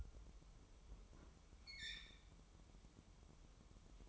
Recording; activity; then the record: daily activity, microphone in the room; open fridge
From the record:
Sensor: 1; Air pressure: 988.4 hPa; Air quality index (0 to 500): 199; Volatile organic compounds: 1000 ppm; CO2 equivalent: 5326 ppm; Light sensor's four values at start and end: 26/98/37/38 and 26/98/37/38